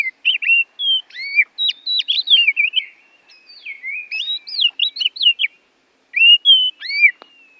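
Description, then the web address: Oriental magpie-robin singing varied looping whistles and short upslurs, a brief pause, then more clear whistles. Borneo form; a recording used for training songbirds (masteran). "kacer borneo. masteran kacer"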